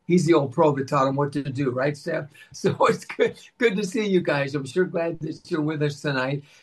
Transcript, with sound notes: He's the old pro that taught them what to do, right Steph?
Mm-hmm.
So it's good, (laughs) good to see you guys. I'm sure glad that you're with us tonight.